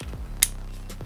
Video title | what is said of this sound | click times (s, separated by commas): Transformers LEGACY Evolution Leader Class SKYQUAKE Review | and the same thing on this side see how it plays and lock into place so that's how it's supposed to be | 0.4 s